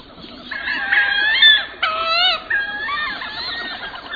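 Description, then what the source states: Wood duck calls: a run of squealing, rising and falling whistled notes in short bursts, some slurred and wavering, repeated several times over four seconds. Wood duck numbers increased more than 200% over the past 40 years.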